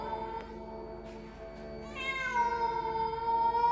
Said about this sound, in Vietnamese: Có tiếng một cái gì đó kêu lên trong đêm tối, giống như là tiếng một con mèo kêu giữa đêm vắng vậy.